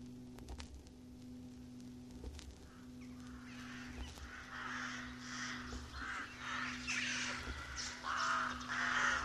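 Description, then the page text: Rooks cawing in a colony, harsh overlapping caws building after a quiet start with faint clicks and a steady low hum, growing louder and denser toward the end. "Б. Вепринцев - Голоса весны (1970) - A1. Колония грачей"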